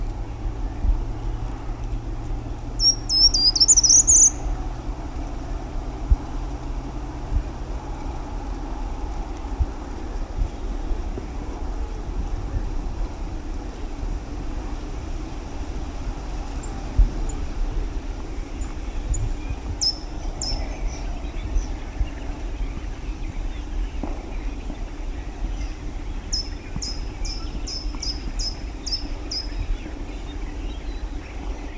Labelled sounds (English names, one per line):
Short-toed Treecreeper